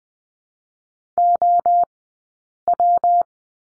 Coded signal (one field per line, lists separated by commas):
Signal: Morse code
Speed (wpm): 19 wpm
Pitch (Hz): 700 Hz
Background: none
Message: OW